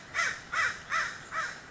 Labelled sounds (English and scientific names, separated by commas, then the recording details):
American Crow (Corvus brachyrhynchos)
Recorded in Sonoma County, California